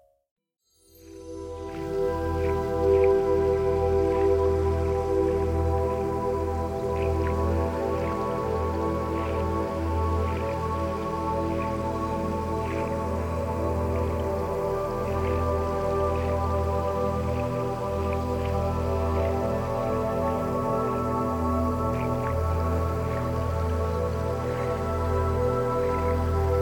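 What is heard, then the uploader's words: Water sounds begin after a second of silence and settle into a steady, unchanging bed with a low, layered hum running underneath. Faint, light drips tick through it every second or so from around seven seconds to the end. Water and nature sounds.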